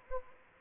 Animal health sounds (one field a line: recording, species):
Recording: mosquito wingbeat signal from an infrared sensor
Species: Anopheles arabiensis